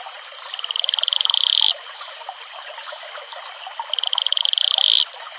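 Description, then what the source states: Atelopus franciscus advertisement call: two high pulsed trills about two seconds apart, each building in volume and cutting off abruptly, over a steady background of flowing water. Male advertisement call.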